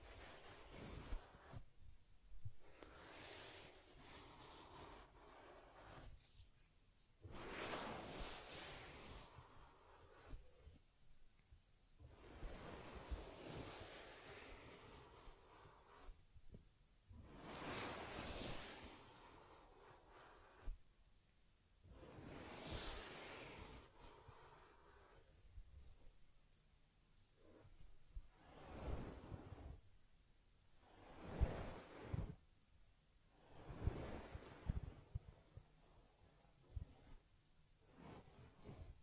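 Soft rubbing and brushing on a teddy bear's fur come in bursts every few seconds, with short quiet gaps between strokes.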